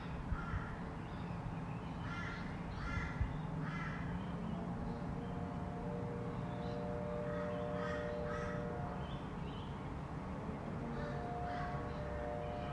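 A quiet residential street with a steady low rumble of nearby traffic throughout. Crows caw in short bursts of three or four calls, around the two to four second mark, again near eight seconds and at the end, while faint tones hum beneath.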